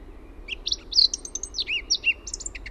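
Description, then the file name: Eurasian blackcap song, a dense, hurried warble of mixed high chirps and short whistled notes with a few richer fluty tones, steady low hum beneath. "MUSTAPAAKERTTU"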